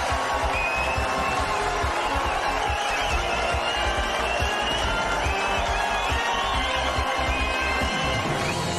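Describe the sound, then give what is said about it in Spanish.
Steady studio audience applause and cheering roar throughout on the TV quiz show ¿Quién quiere ser millonario?, with bright upbeat music playing over the crowd noise at a constant loud level for about nine seconds. “Aplausos y música, por favor.”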